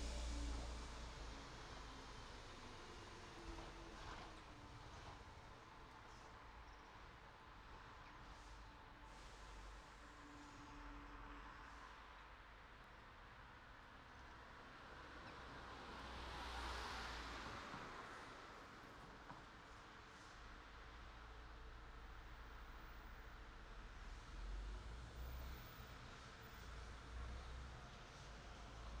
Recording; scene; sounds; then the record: everyday scene through a hearing-aid microphone; in traffic; traffic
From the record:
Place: city secondary road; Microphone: in the ear canal, right